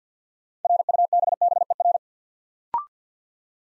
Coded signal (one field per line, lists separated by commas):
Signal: Morse code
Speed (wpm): 50 wpm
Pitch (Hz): 700 Hz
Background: none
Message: RUBBER